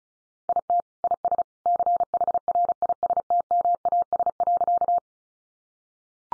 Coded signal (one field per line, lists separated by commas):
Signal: Morse code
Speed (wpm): 34 wpm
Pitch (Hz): 700 Hz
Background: none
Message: IT IS CHRISTMAS.